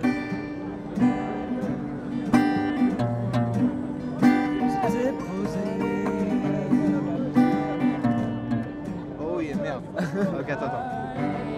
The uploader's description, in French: Nuit Debout à Nantes Place du Bouffay